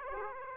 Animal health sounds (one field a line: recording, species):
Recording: mosquito wingbeat signal from an infrared sensor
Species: Aedes aegypti